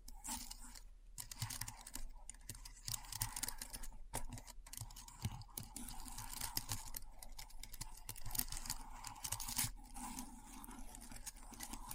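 Rapid keyboard typing clatters on without pause, a dense stream of sharp clicks with brief gaps near one, two and four seconds. The keystrokes are crisp and bright, with a low steady hum running underneath throughout.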